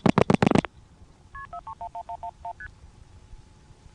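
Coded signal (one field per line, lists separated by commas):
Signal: multi-frequency trunk signalling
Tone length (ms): 80 ms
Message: KP4311111ST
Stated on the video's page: ITT Pentaconta crossbar switch in Asheboro, North Carolina, recorded in summer 1986.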